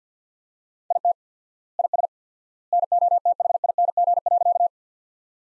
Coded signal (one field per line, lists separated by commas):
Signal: Morse code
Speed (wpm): 50 wpm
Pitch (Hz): 700 Hz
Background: none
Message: IT IS NOTHING.